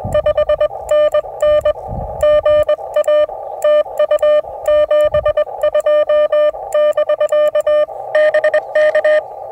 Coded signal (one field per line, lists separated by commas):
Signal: Morse code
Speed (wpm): 22 wpm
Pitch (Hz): 610 Hz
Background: none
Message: 5NN GA TU 72 <BK> BK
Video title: A Must See! Can Cast Iron make an antenna? Watch as I chase POTA